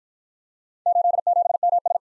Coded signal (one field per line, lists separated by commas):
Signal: Morse code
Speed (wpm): 46 wpm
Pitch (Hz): 700 Hz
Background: none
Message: 87MS